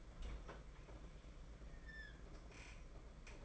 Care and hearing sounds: daily activity, microphone in the room; open fridge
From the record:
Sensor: 5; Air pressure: 992.0 hPa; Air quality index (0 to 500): 200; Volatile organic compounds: 1000 ppm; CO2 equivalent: 5757 ppm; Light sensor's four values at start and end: 29/99/37/39 and 29/98/36/38

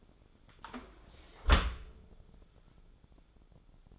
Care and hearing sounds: daily activity, microphone in the room; close dishwasher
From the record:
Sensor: 5

